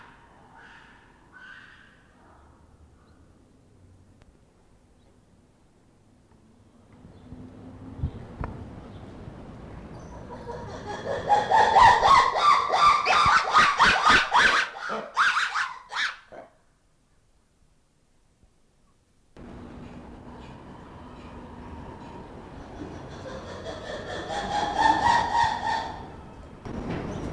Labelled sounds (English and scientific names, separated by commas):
Black-and-white Ruffed Lemur (Varecia variegata)